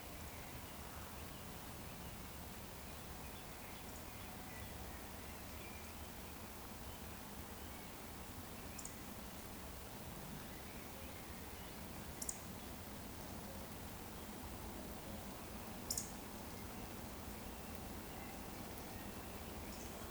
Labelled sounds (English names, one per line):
Eurasian Woodcock whistle